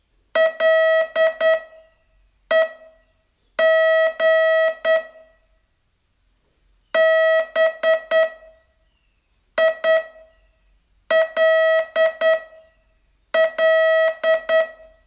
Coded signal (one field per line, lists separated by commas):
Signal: Morse code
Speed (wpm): 9 wpm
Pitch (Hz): 640 Hz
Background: none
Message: LEG BILL